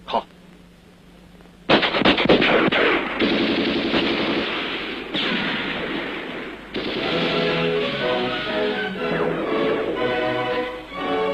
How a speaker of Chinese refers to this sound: 敌人的枪声现在却成了祝贺起义成功的鞭炮。